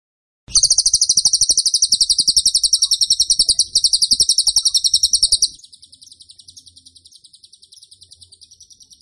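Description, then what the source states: Bird song: a high, rapid, buzzy trill of repeated notes for about five seconds, then a much fainter continuing trill. Masteran (song-training) recording of a bird described as gacor (singing vigorously) with tembakan (rapid bursts) style.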